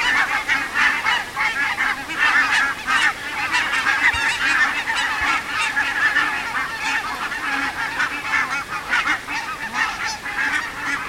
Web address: linnut valkoposkihanhet